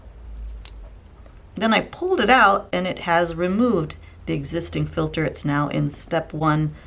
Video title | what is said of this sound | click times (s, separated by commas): How to Clean Hearing aids and replace wax filters with the Disk | insert it in there and you'll feel or hear a click | 0.7 s